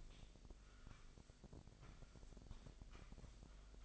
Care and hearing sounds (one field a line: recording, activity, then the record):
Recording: daily activity, microphone in the room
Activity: sweep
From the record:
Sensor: 5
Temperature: 25.1 degrees Celsius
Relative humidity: 39.7%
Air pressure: 1001.7 hPa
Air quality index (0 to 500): 181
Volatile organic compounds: 12 ppm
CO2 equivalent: 2326 ppm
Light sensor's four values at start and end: 27/94/35/37 and 27/94/35/37